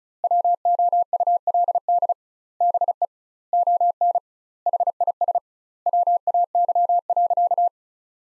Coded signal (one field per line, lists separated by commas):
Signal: Morse code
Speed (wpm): 36 wpm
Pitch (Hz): 700 Hz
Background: none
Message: WOULD BE ON HIS WAY.